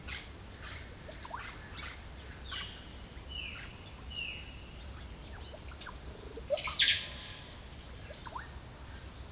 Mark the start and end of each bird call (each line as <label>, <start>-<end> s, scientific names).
Cacicus cela, 0.00-2.72 s
Psarocolius angustifrons, 1.03-1.60 s
Cyanocorax violaceus, 2.38-4.47 s
Psarocolius angustifrons, 2.45-7.05 s
Psarocolius angustifrons, 7.96-8.52 s